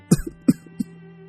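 A woman coughs three times in quick succession, each a short, harsh burst, the last one softer than the first two, with no talking.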